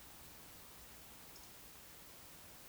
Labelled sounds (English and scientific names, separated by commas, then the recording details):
Eurasian Woodcock (Scolopax rusticola) whistle
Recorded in Baden-Württemberg, Germany, on 30 June 2020 at 19:45 UTC
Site 49006, 684 m above sea level